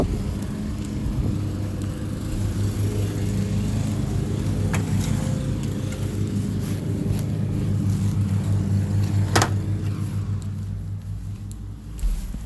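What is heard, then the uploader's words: A steady, low engine-like rumble drones through a household space, broken by a few sharp clicks near five and nine seconds before easing slightly. Household Soundscapes. Two minute recording of the sounds around me.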